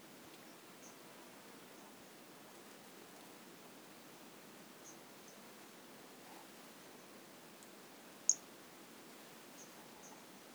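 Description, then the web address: White-lined pumpkin toadlet: sparse, tiny high-pitched peeps of a white-lined pumpkin toadlet, one louder chirp late on, the rest faint, with a soft background hiss throughout. Recorded in 2018. "2018 Brachycephalus albolineatus"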